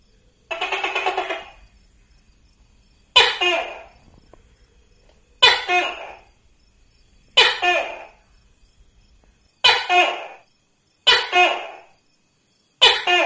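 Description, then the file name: Tokay gecko with a short pulsed rattle first, then six abrupt barking calls spaced roughly two seconds apart. "tieng-tac-ke-keu-5-tieng"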